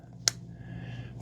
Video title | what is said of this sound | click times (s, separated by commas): Does the Roborock QV35 Hold Up? 3 Months of Real-World Results | just push it in till it clicks. | 0.3 s